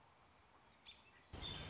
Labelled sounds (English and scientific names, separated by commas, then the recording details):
American Robin (Turdus migratorius)
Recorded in Sonoma County, California